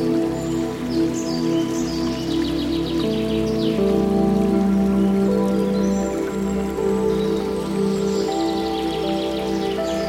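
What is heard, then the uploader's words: A tropical forest soundscape with a steady, sustained musical drone of low, warm held tones beneath it. Bright bird chirps and trills break through in short bursts near the start, around the middle, and again toward the end, over a soft, constant rain-like patter. Tropical Forest Soundscape With Nature Sounds & Relaxing Music. Birds of a thousand colors sing their morning hymns. The soft rustle of leaves and wind sounds add its gentle cadence. As the water tumbles into a tranquil pool below, its hypnotic water sounds serenade you into a state of utter peace.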